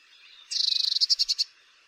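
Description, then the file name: Eurasian blue tit churring: a high buzzy rattle lasting about a second, breaking into separate pulsed notes toward the end, in a quiet background. "Cyanistes caeruleus"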